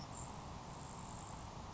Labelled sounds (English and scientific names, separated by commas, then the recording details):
Grasshopper Sparrow (Ammodramus savannarum)
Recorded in Sonoma County, California